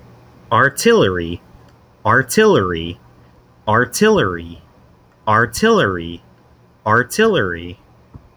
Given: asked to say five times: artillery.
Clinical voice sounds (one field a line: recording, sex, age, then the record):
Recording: repeated word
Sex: male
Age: 20 to 29 years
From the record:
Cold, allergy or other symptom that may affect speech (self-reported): no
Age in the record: 21 years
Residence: Florida, United States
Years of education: 12